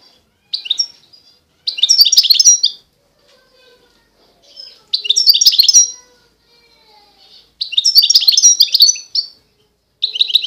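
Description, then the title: European goldfinch song in short, bright twittering bursts of about a second each, repeated every few seconds, with faint soft notes between them. Wild bird. "اجمل غناءالحسون الخلويchant chardonneret sauvage"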